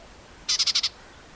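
White-throated warbler gives a short call of five quick, buzzy, high notes evenly spaced within about half a second.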